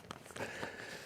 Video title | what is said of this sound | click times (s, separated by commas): Ignition Tune-up: 2000 Ford Mustang, 3.8L V6...amateur car guy | wasn't a satisfying click but it clicked | 0.1 s